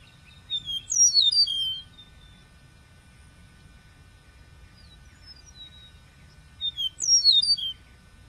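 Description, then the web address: Bird song: two bursts of high, sweet, tumbling notes sliding downward, about six seconds apart, with softer scattered chirps between and a low background rumble. Many birds, recorded 12 March 2006 at 12:33 PM in Bexar. "bexar Many Birds 20060312 PM 123335"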